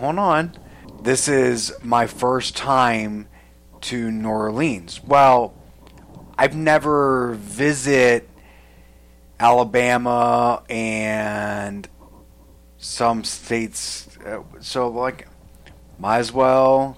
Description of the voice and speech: Does it ever feel like your aphasia is getting worse? The group discusses how illness, fatigue, stress and mood impact their communication skills.